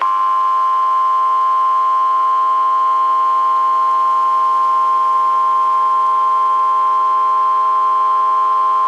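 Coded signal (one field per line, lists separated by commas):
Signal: Emergency Alert System (SAME) tones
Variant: 1050 Hz attention tone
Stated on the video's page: Real tornado warning carrying valid EAS tones.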